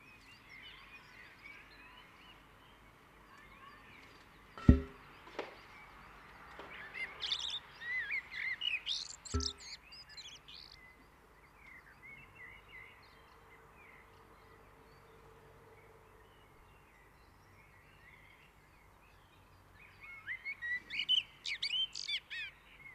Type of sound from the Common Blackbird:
song